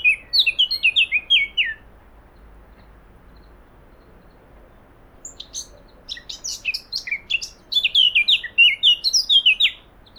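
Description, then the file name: Eurasian blackcap song: a quick phrase of clear, down-slurred whistles, a pause of about three and a half seconds, then scratchy high notes leading into a longer run of down-slurred whistles. "Sylvia atricapilla"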